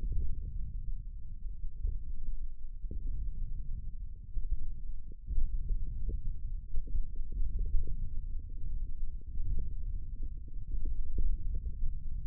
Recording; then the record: forearm muscle sounds (acoustic myography)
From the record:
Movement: wrist extension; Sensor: system 1, eight BSWA MPA416 microphones around the upper forearm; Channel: 6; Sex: male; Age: 20 years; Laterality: left